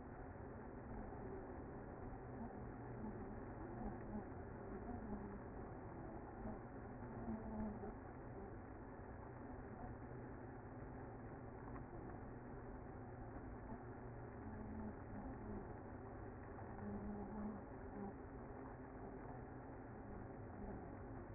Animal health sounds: honeybee colony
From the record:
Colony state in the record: active

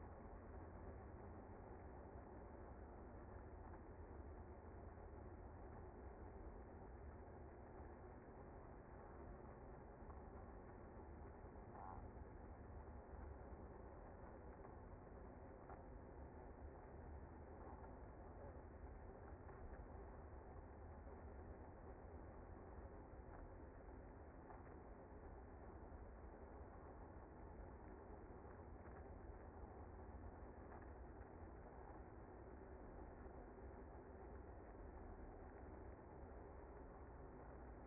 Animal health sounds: honeybee colony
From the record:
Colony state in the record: active

